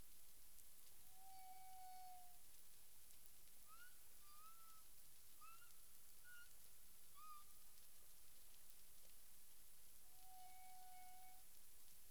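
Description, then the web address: Humpback whale song: a long flat tonal moan, then a run of short rising whoops, and the flat moan again near the end, over constant background hiss. Recorded in the Caribbean on 9 April 2002 at 18:12 UTC. "CARIMAM. humpback whale"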